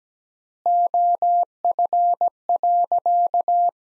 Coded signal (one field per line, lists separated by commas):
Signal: Morse code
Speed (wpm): 17 wpm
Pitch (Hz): 700 Hz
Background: none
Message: OF.